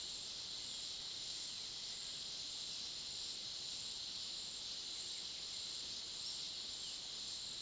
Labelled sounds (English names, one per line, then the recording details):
none
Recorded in pastures near Puerto Asís, Putumayo, Colombia, on 21 February 2024 at 08:30
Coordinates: 0.497, -76.327
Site G7276